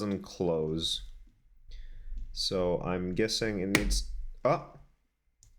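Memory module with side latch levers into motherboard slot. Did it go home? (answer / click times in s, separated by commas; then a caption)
partly / 5.4 s. A memory module with side latch levers is pressed into its motherboard slot while someone talks. A single sharp click is heard at 5.4 s. Only one side has latched, and the side levers have not both closed.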